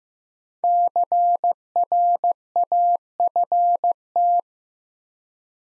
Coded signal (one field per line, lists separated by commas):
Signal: Morse code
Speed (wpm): 15 wpm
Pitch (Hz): 700 Hz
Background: none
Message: CRAFT